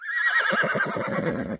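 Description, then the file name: Horse whinny, a high descending squeal breaking into a rapid, fluttering nicker of many pulses before stopping abruptly. "animalia horse idle"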